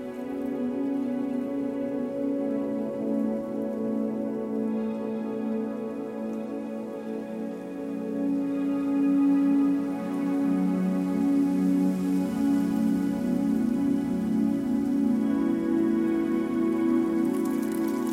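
Soft wind and rustling leaves sit behind a steady, layered ambient drone of low, sustained tones that swells slightly after eight seconds.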